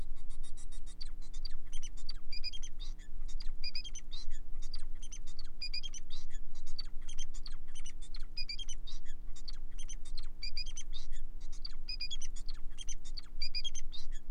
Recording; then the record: song of a male Bengalese finch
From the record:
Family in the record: son of father 4